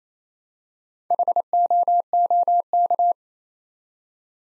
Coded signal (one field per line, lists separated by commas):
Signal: Morse code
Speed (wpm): 27 wpm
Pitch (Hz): 700 Hz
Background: none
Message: HOOK